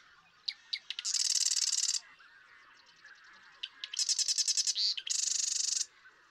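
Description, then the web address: Marsh Wren song: ticking introductory notes, then rapid mechanical rattles and stuttered buzzy bursts, two songs in quick succession. "birdsongforthecurious Marsh Wren"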